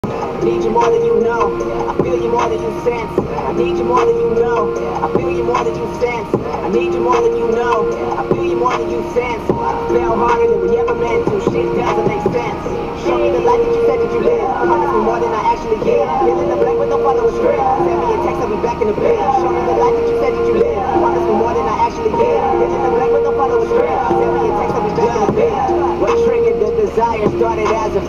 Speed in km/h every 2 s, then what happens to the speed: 74, 74, 76, 77, 78, 79, 79, 79, 80, 80, 81, 81, 82, 84.
0-28 speeds up to 84.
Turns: none.